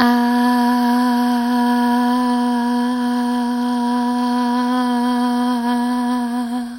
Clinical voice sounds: sustained vowel /a/; female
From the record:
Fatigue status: no fatigue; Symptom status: symptomatic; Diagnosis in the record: COVID-19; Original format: m4a

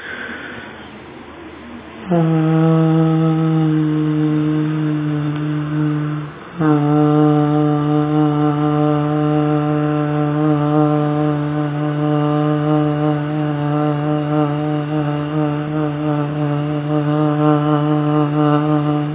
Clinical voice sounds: sustained vowel /a/; female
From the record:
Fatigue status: fatigue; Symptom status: symptomatic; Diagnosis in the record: COVID-19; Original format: 3gp

